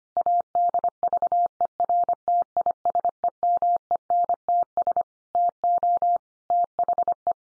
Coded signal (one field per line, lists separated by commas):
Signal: Morse code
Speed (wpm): 25 wpm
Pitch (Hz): 700 Hz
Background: none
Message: ADVERTISEMENTS TO THE